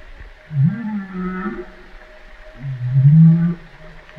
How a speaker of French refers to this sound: La baleine, ça c'est la baleine, la réponse. Et donc là, il y a des sons de basson dedans. Elle reprend tout de suite la parole après toi. C'est intéressant ça. Ça, c'est une baleine qui parle.